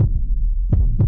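Deep, muffled heartbeat thumps, about three beats.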